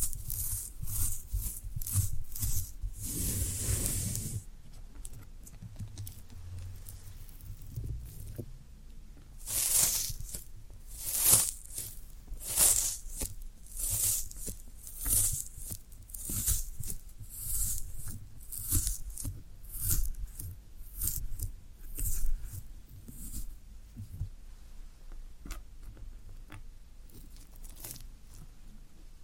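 Floral foam being crushed and scraped, with short crisp crunches and soft tearing sounds over a steady bed of low thuds. A loud rough burst comes near the four-second mark. From about ten seconds on, bright crackly crunches repeat roughly every second before easing off.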